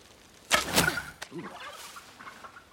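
An arrow shot from a bow at a turkey standing in ferns makes a quick rushing whoosh and ends in a sharp thunk as it hits, followed by a short burst of warbling turkey gobbles that trail off into faint rustling.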